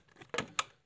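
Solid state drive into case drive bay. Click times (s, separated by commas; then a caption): 0.3 s, 0.6 s. A solid state drive is pushed into a plastic drive bay slot in a computer case, with faint scrapes before a sharp click at 0.3 s and a louder, brighter click at 0.6 s. The drive is seated and locked into place.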